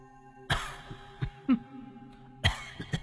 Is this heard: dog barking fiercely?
no